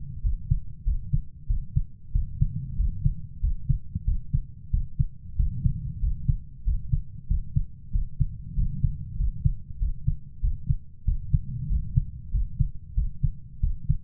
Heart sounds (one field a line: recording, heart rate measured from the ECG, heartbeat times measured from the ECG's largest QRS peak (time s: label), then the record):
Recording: heart sounds by stethoscope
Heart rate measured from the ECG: 94 bpm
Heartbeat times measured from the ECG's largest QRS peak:
0.24 s: heartbeat
0.86 s: heartbeat
1.49 s: heartbeat
2.15 s: heartbeat
2.79 s: heartbeat
3.43 s: heartbeat
4.07 s: heartbeat
4.73 s: heartbeat
5.39 s: heartbeat
6.03 s: heartbeat
6.66 s: heartbeat
7.30 s: heartbeat
7.94 s: heartbeat
8.58 s: heartbeat
9.19 s: heartbeat
9.81 s: heartbeat
10.43 s: heartbeat
11.07 s: heartbeat
11.70 s: heartbeat
12.34 s: heartbeat
12.97 s: heartbeat
13.63 s: heartbeat
From the record:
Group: healthy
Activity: rest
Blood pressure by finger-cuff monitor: 151/79 mmHg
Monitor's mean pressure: 98 mmHg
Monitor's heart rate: 95 bpm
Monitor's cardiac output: 8.1 L/min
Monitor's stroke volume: 85 mL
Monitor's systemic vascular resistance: 880 dyn s/cm5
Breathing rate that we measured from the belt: 20 breaths a minute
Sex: male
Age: 21 years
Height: 175 cm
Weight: 72.6 kg